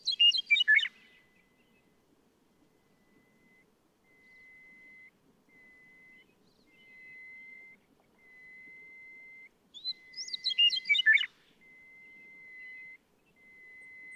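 Western meadowlark singing two bubbling, jumbled phrases about ten seconds apart, with a steady thin tone sounding in between.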